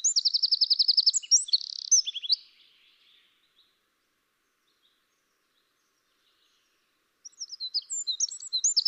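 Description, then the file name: Eurasian wren singing a shrill, fast trill and jumbled high notes, then about five seconds of silence before another rapid burst of song begins. "Troglodytes troglodytes"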